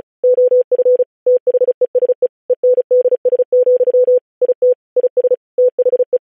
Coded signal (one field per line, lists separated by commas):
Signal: Morse code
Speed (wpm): 36 wpm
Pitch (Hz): 500 Hz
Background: none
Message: OF THESE ENDS, IT IS THE